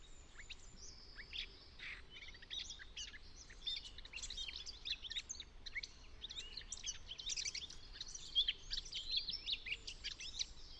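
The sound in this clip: Eurasian Blackcap song, a dense, continuous warbling chatter of quick high notes running through the stretch, over low background noise.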